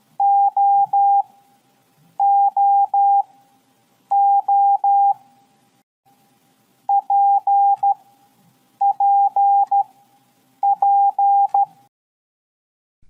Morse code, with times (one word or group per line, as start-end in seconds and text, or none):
0.2-5.1 OOO
6.9-11.6 PPP